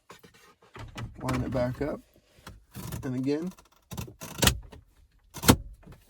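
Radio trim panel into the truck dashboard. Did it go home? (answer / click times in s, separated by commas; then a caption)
yes / 4.5 s, 5.5 s. Someone talks as a plastic radio trim panel is pushed back onto the dashboard of a 2016-or-later Tacoma or 2014-or-later Tundra truck. Its clips snap into place with sharp clicks at 4.5 s and 5.5 s, and the panel is seated.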